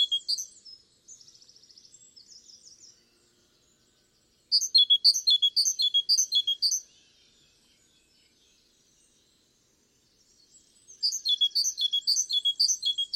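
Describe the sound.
Great tit giving rapid repeated high notes in bursts, with a softer buzzy series of notes early on.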